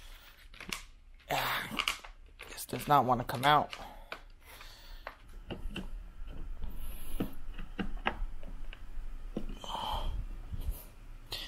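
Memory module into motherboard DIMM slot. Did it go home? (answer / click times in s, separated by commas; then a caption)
no / none. A memory module made up of two 8 GB sticks, 16 GB in total, is pushed by hand into a motherboard DIMM slot. The result is short plastic knocks and scrapes, with someone talking and a brief burst of music. The retention clips do not snap, and nothing has seated or clicked yet.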